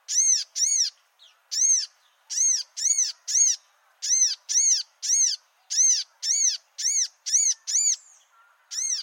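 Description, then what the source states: Humblot's Sunbird calls: a series of sharp, high, arched notes, loud against a quiet background. Endemic to the Comoros Islands, found only there.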